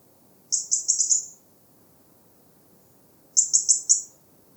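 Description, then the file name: European robin calling in two high, rapid bursts of four ticking notes each, separated by a couple of seconds of quiet. "Erithacus rubecula"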